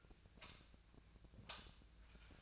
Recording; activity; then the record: daily activity, microphone in the room; light off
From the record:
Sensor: 2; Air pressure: 1009.7 hPa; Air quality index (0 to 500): 182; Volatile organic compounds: 11 ppm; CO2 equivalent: 2268 ppm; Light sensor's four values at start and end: 32/83/35/37 and 27/65/28/31